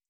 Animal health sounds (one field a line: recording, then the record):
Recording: hydrophone in a shrimp aquaculture tank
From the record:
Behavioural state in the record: feeding